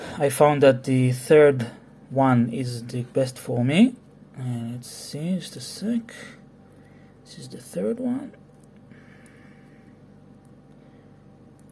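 Someone talks while a quick-release strap is picked up and lined up against the case lugs of an Omega Seamaster No Time to Die wristwatch, followed by only quiet handling noise. The strap has not clicked into place yet.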